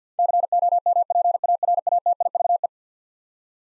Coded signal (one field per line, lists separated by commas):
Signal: Morse code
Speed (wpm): 50 wpm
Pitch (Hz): 700 Hz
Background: none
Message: COMPARATIVE